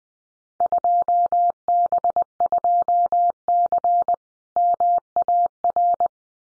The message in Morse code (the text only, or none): 2B2C MAR